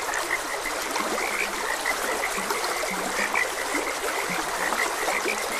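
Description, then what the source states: Frogs croaking in a dense chorus, with many overlapping chirping notes and a few deeper low croaks, all over the steady hiss of running stream water. Frogs croaking beside a gentle stream.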